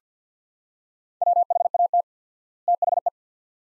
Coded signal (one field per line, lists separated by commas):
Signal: Morse code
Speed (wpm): 50 wpm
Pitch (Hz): 700 Hz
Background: none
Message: WHAT THE